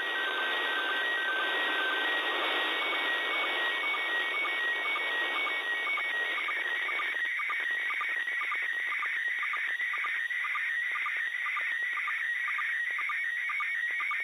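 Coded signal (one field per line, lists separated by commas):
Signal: SSTV (slow-scan television)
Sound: hissy warbling tones, then a steady rhythmic scanning warble with regular ticks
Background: radio static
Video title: Pase ISS SSTV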